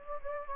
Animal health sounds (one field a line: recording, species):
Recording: mosquito wingbeat signal from an infrared sensor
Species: Anopheles gambiae